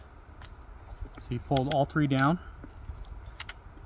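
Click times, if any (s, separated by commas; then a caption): 3.4 s. Someone talks while folding all three legs of a K&F Concept tripod down, with soft handling taps in the background. At 3.4 s a sharp double click is heard as a tripod leg seats into its angle lock on the spider and locks in place.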